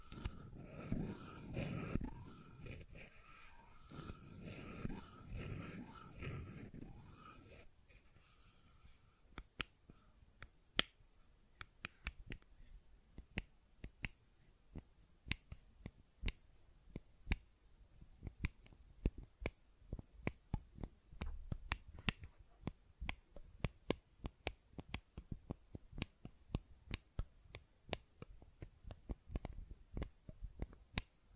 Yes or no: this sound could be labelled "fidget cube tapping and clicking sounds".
yes